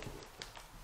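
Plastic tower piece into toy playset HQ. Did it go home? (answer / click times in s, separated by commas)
no / none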